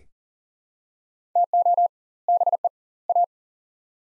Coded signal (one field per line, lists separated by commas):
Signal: Morse code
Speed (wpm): 40 wpm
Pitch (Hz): 700 Hz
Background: none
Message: TO BE A